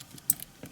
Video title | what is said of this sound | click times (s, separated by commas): Get Grounded 4 -- DeLorean Relay Bank Ground Bus Installation | pull that in there it should click in place there we go | 0.3 s